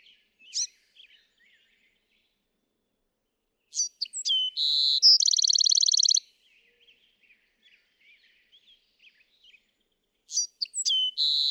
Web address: songs Bewick's Wren